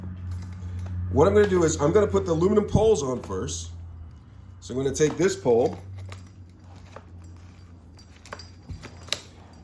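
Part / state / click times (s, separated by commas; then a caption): aluminum pole section into mop pole / seated / 9.1 s. Someone talks while an aluminum pole section is pushed into the next section of a Swiffer Power Mop (Wood). After a few light handling taps, a sharp click is heard at 9.1 s as the section locks into place and can no longer be pulled out.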